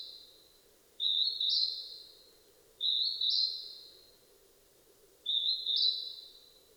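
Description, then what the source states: Northern hawk-cuckoo calling: shrill high whistles that climb in a step, each trailing off, over a low background hum. 15 May 2007 at 18:36.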